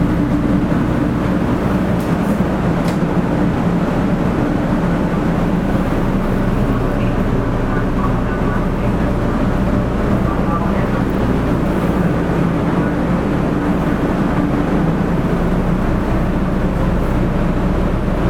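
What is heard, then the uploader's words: A bullet train at speed gives a steady dense low rumble and hum throughout, with faint brief clicks near three seconds. 新幹線500系 山陽新幹線 こだま号 厚狭到着前から新山口まで. 新幹線500系電車の走行音です。 JR西日本 山陽新幹線で録音しました。 It is the running sound of the 500 series trains of the Shinkansen.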